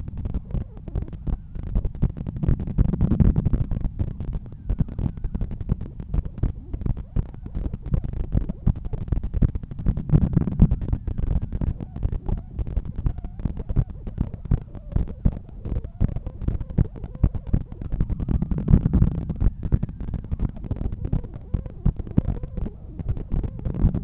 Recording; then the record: heart sounds by stethoscope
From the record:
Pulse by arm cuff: 83 bpm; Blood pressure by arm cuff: 131/83 mmHg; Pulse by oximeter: 84 bpm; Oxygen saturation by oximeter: 96%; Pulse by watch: 96 bpm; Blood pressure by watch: 131/86 mmHg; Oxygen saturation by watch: 97%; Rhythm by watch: sinus rhythm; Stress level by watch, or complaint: low stress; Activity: after 5 min smoking and 1 beer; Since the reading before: plus 1000 steps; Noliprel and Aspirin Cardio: after pills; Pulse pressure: 48 mmHg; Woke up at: 7:50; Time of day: 12:46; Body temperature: 36.3 C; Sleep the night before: 7 h 52 min, score 75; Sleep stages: REM 24%, light 55%, deep 12%, awake 9%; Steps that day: 9500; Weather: cloudy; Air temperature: 20.7 C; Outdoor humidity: 68%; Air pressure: 1014 hPa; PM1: 5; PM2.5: 8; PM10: 10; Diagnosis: hypertension, treated with Noliprel and Aspirin Cardio 100 mg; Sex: male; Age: 53 years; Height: 174 cm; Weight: 81 kg